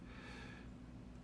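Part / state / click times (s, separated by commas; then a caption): trigger spring onto AR-15 trigger / not seated / none. Someone handles a steel trigger spring onto an AR-15 trigger, holding up on the trigger and spreading the spring's two legs apart, with a steady low rumble and a soft breathy hiss during the first half. Nothing has seated or clicked yet, and no distinct snap is heard.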